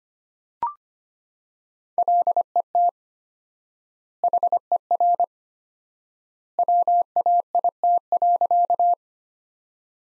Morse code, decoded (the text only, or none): LET HER WAIT.